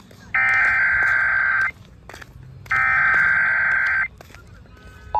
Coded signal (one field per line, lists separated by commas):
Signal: Emergency Alert System (SAME) tones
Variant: header bursts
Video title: TESTS & STORMS - EAS Alerts From 3/17/25 - 3/20/25 (EAS #3547-3566)